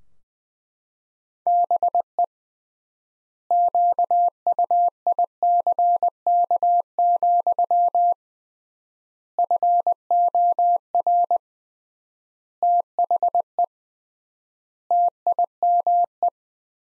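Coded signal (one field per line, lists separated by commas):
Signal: Morse code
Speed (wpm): 20 wpm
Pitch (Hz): 700 Hz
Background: none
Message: BE QUICK, FOR THE TIME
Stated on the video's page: Morse practice sentences from the top 500 words at 20 wpm with 3x standard word-spacing, a Farnsworth-like method for words.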